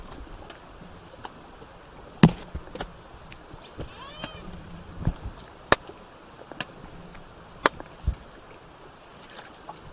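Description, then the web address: Killer whale call, a faint brief harmonic squeal near the middle, among sharp clicks and pops over constant underwater hiss. Southern Resident killer whales with a calf present, recorded 17 September 2024 in bouts between 16:32 and 17:50. "SRKW bouts 240917-1700-OS-L 90 calf 240917-1632-1750-OS-L 90 calf"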